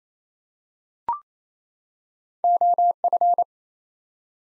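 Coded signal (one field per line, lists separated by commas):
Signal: Morse code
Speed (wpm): 27 wpm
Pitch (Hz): 700 Hz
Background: none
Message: OF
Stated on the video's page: Morse practice at 28 wpm, four-word sets with 4x word spacing, Farnsworth-like method using words; each set is sent, then spoken.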